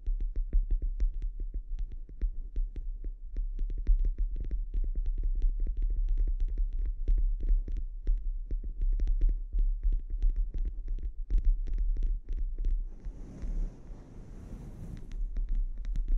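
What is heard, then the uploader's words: Scalp treatment: dense, rapid scratchy crackles over a steady low hum, giving way near the end to a softer rustling brush with faint hiss. ASMR Sleep Inducing Scalp Treatment (No Talking).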